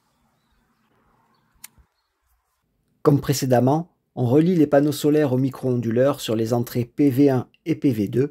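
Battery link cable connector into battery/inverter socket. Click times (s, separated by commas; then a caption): 1.6 s. A cord linking a Zendure SolarFlow 800 micro-inverter, which sits slid onto its battery, is plugged into the battery until its connector clicks into place. A single sharp click is heard at 1.7 s, and the connector is seated. Afterwards, someone talks.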